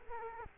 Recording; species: mosquito wingbeat signal from an infrared sensor; Culex quinquefasciatus